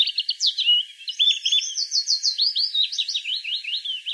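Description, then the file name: European robin song, a continuous run of thin, high notes: quick trills, then rapid falling slurred notes repeated in a steady series. "Erithacus rubecula"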